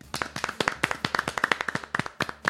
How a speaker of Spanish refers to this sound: Un aplauso para mí.